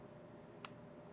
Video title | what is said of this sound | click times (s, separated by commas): Coil Building Class at Nuclear Vapes - 11/15/15 | and it clicks into place. | 0.6 s